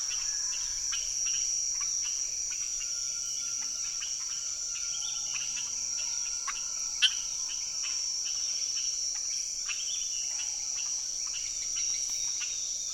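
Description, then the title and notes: Many amphibians giving quick clicking chirps in an uneven chorus, with a steady piercing insect drone throughout. Unidentified amphibians calling from the ground as rain approaches, hundreds or thousands of them, Chemin des grands arbres, Saül, French Guiana, 16 November 2006; Nagra Ares-BB+ with cardioid MKH40 microphones. "ECLAIRS D'AMPHIBIENS. 16 novembre 2006-Chemin des grands arbres - Saül - Guyane. ces amphibiens qui chantent au sol en sentant arriver la pluie"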